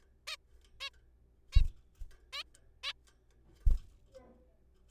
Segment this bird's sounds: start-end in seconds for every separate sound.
0.28-0.36, 0.81-0.89, 1.53-1.61, 2.33-2.43, 2.83-2.92